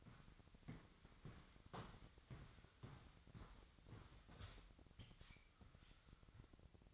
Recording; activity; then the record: daily activity, microphone in the room; walk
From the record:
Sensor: 3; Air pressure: 1001.7 hPa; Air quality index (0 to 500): 230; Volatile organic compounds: 35 ppm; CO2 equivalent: 3059 ppm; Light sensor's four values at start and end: 13/40/17/15 and 13/39/17/14